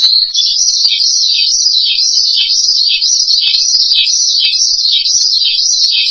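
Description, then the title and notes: Starling giving a dense, high twittering song that swells and falls in repeated waves, continuous from start to end. "suara burung jalak"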